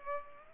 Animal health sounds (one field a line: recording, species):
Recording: mosquito wingbeat signal from an infrared sensor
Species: Culex pipiens